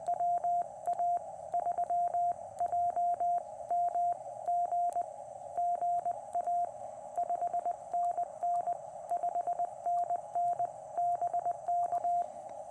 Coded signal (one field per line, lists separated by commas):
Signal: Morse code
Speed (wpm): 19 wpm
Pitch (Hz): 700 Hz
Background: radio noise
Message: WA3JMG GA 5NN 5NN BK